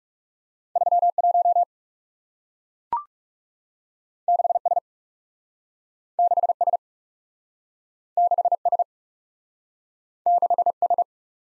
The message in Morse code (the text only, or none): 3 1 6 S 6 S 6 S 6 S